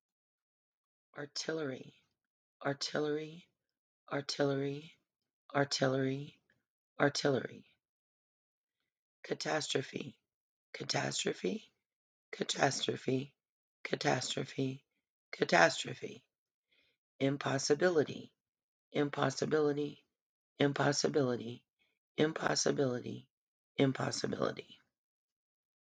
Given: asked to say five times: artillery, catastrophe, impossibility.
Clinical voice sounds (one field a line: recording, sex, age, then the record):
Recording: three words, each repeated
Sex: female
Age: 50 to 59 years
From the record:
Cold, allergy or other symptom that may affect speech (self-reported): no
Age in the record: 50 years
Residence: Colorado, United States